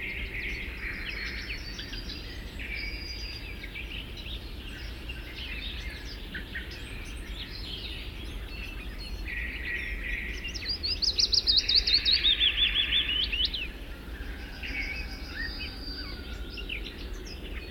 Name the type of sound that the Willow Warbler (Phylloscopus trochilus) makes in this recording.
song